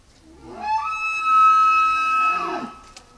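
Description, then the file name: Tule elk bugle: one long piercing whistle that climbs, holds steady for over a second, then slides down at the end. Male. "Cervus elaphus nannodes 1 male"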